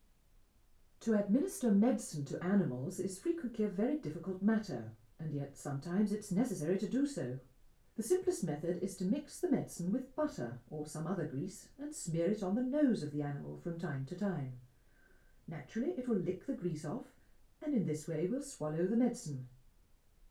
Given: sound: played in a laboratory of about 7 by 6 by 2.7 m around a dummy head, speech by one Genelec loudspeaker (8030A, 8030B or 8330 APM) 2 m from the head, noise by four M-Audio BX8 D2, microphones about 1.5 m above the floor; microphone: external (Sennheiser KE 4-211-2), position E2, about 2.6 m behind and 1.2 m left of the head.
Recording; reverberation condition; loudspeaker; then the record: female speech in English; low; 120 degrees to the left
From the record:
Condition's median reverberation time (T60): about 310 ms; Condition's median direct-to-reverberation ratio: about 3.5 dB